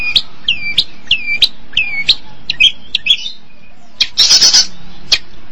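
Long-tailed Shrike calls of curved whistled notes that dip and rise, several in a row, then sharp clicks and a short harsh scratchy burst.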